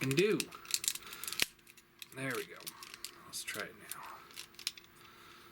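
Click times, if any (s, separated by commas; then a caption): 4.7 s. While transforming a plastic Transformers Generations Blurr action figure, a piece is pushed through a tight spot after fiddling with a part that was catching, and someone talks over light plastic clicks and handling. A sharp snap at 4.7 s marks the plastic toy part seating into its slot on the figure.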